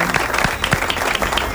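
Steady applause from a crowd, a dense rush of overlapping claps at even loudness with a few sharper individual hand claps standing out, and no one speaking.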